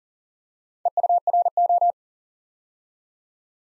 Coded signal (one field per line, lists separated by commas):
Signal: Morse code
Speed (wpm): 38 wpm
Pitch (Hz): 700 Hz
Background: none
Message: EURO